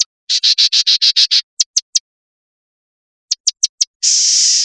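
Bird delivering a fast rattle of harsh notes, then a few spaced clicks, a pause, more clicks and a final long rasping buzz.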